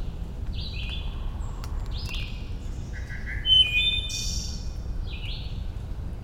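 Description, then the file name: Wood Thrush song: short fluted phrases at different pitches, one ending in a bright high trill, over a steady low rumble. Recorded 28 May 2012. "Wood Thrush 20120528"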